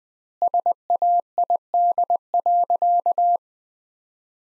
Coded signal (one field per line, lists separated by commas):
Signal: Morse code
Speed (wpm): 20 wpm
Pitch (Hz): 700 Hz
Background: none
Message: SAID.